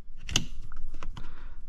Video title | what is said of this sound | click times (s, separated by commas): Changing the USB console on the 2022 - Toyota Highlander | it's locked on | 0.4 s